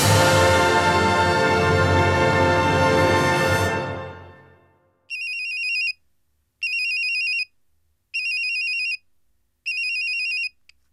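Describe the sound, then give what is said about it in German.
A rich, sustained tone swells and fades away, then a telephone at the Westdeutscher Rundfunk rings four times in evenly spaced, high-pitched warbling bursts, each about a second long, with no talking. “Bestellen Sie nun per Telefon den zweiten Teil. Unsere Telefone sind angeschaltet. Rufen Sie an.”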